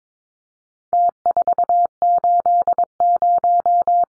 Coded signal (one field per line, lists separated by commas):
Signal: Morse code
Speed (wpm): 22 wpm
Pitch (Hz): 700 Hz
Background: none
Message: T480